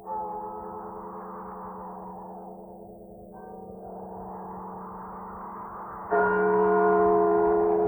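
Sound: church bells tolling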